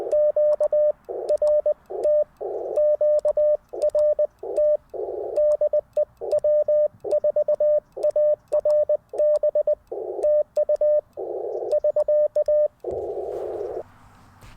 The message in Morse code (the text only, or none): QRT QRT DE W4ARB TU <SK>